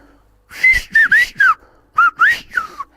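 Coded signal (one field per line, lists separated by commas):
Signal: whistled language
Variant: Silbo canario (Gran Canaria)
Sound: a gliding whistled phrase of about seven syllables, rising and falling, with a short pause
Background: small room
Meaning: Next week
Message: la semana que entra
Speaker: que cuando vamos al baile a Carrizá, dice la semana que entra.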